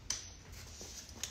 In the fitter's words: you would release that lever and you can just hear it click open